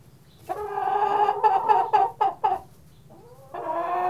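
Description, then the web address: Chicken call: a drawn-out nasal squawk breaking into a few choppy clucks, then another rising drawn note, over a low hum. "Jerry Apps Winter chickens"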